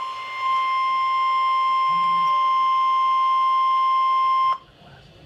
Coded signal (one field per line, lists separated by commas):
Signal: Emergency Alert System (SAME) tones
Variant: 1050 Hz attention tone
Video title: Severe Thunderstorm Warning - EAS #354